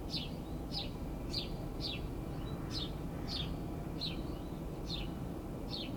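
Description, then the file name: House sparrow giving nine single clipped chirps at a fairly even pace against constant low rumbling noise. "Passer domesticus"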